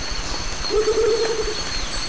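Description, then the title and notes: Rufous motmot hoot: one low, hollow, slightly wavering note held for nearly a second, over steady high-pitched insect trills and soft forest background. Duet, recorded in 1998 near the Lake Arenal dam at the forest edge at dawn; crickets and forest ambience in the background. "Duet Rufous motmots. Dúo de Baryphthengus martii (Pájaro Bobo). Grabado en 1998 cerca de la represa del lago Arenal, al borde del bosque durante el amanecer"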